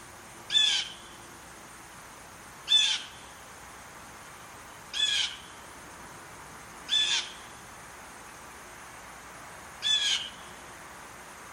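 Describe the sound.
Bird giving five short, scratchy squawks at a steady pace of about one every two seconds, with a faint hiss behind.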